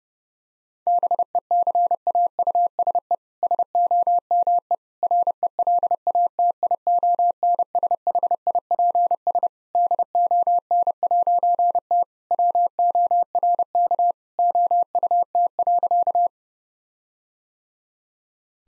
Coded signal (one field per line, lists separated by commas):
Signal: Morse code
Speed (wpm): 30 wpm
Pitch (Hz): 700 Hz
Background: none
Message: BECAUSE SOME RELATIONSHIPS DON'T WORK OUT.